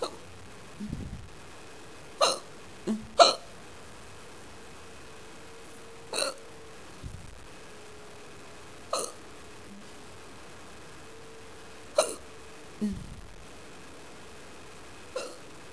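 Sharp, brief throaty clicks recur irregularly, about eight in fifteen seconds, typical of hiccups in an adult.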